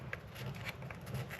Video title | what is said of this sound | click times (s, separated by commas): RODE USB MIC Repair - Loud continuously Buzzing audio fix | and they just suddenly snap in like that. That one's snapped in there. | 0.1 s